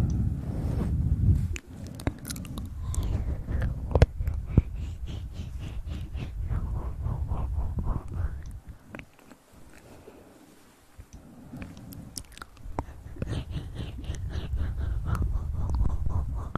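Ear massage sounds with dense rubbing and crackly, chewing-like clicks, a deep thumping rumble, and a quieter lull around ten seconds.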